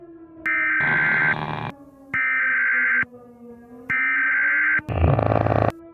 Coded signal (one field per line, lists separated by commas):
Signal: Emergency Alert System (SAME) tones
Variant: header bursts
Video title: eas thing